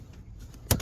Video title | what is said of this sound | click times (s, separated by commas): #297#싼타페CM에어컨 에바 교환 #지스켄M 업그레이드 하세요#싼타페 히터 코어교환 #싼타페 에어컨 가스충전 | 조립이 됩니다 그 딱 소리가 나거든요 그럼 된 겁니다 | 0.7 s